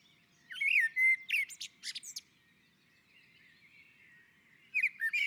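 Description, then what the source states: Common blackbird giving a clear whistled phrase with a sharp high twittered finish. After a quiet spell the next phrase starts. On the roof.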